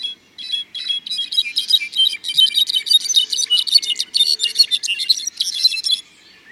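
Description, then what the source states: Brown-backed solitaire song: a rapid jumble of high, ringing, metallic notes lasting several seconds. Glistening song; lush, often foggy cloud forest with bromeliads, orchids and tropical oaks, El Triunfo Biosphere Reserve.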